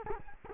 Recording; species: mosquito wingbeat signal from an infrared sensor; Culex quinquefasciatus